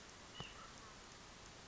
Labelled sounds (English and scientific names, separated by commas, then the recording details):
White-breasted Nuthatch (Sitta carolinensis)
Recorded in Sonoma County, California